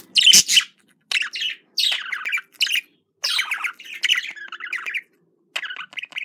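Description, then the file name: Budgerigar chatter: harsh squawky notes and rapid warbled phrases, ending in repeated short chirps. Described as a budgerigar love sound. "love budgerigar"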